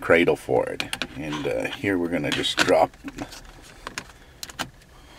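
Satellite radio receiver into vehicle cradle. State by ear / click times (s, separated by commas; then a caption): seated / 4.0 s, 4.4 s. Someone talks while holding the newer, smaller plastic car cradle for a SiriusXM Onyx satellite radio, which has a vent mount and an adhesive dash mount. The Onyx receiver is then dropped into the cradle, with sharp clicks at 4.0 s and 4.4 s as it snaps into place. Seating it in the cradle powers the radio on.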